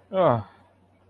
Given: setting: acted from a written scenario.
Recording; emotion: vocal sound without words; embarrassment